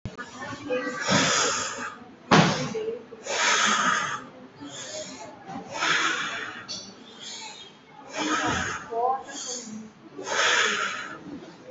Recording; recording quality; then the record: deep breathing; excellent, no background noise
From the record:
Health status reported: COVID-19 positive, mild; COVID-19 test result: positive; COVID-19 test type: RT-PCR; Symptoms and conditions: fever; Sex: male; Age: 52 years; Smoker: no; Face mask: worn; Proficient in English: yes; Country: India